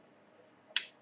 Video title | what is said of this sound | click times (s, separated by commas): The Tendou v1 | You can hear that pop sound. | 0.8 s